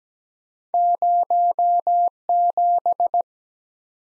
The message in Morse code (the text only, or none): 0 7